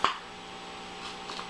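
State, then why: Not seated. A small LED light is handled at a hole cut in the foam and plastic body of a homemade toy portal gun, with its wire running underneath. A sharp tap comes at 0.0 s, followed by quiet rustling and faint ticks near 1.3–1.4 s. Nothing has seated yet; the light is not yet pushed home.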